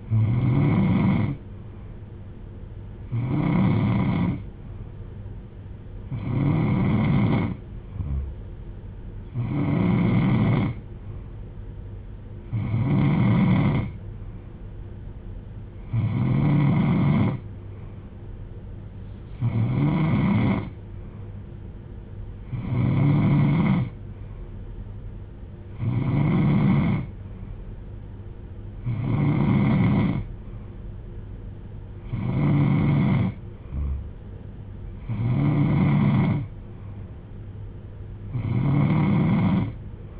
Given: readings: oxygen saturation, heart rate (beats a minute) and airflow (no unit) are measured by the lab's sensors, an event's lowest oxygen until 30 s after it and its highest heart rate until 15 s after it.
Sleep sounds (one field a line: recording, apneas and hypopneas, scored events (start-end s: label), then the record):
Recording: breathing in sleep by a smartphone at the bedside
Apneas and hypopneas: none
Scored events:
none scored
From the record:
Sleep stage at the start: N3 (deep sleep)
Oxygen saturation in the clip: 89 to 93%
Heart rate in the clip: 63 to 70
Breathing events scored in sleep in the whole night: 310 in 8.1 hours asleep